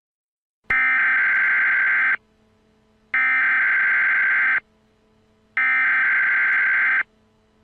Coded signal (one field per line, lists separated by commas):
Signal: Emergency Alert System (SAME) tones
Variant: header bursts